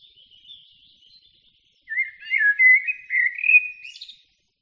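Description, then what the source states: Common blackbird song: faint high twittering, then a loud mellow warbled phrase of fluted notes finishing in a thin squeaky flourish. Recorded in a forest.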